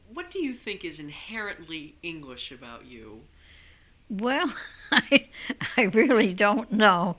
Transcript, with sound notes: what do you think is inherently English about you?
Well... ( she laughs ) I really don't know.